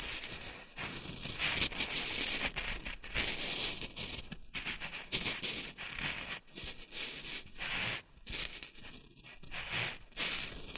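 Shredded tissue and packing peanuts rustle and crinkle almost without pause, a dense, bright, papery crackle. The handling comes in uneven bursts with brief gaps, notably around four and a half, eight and nine seconds, and short tearing-like swells between.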